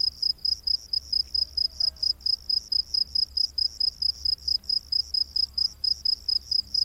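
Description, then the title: Cricket giving sharp, high chirps at a regular pace, steady throughout, over a faint background hum. Rainforest at night. "Crickets of the Rainforest"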